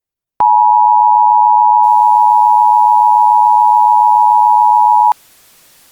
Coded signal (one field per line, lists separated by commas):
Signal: Emergency Alert System (SAME) tones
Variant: 853 and 960 Hz attention tone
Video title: EAS Scenario: Runaway Train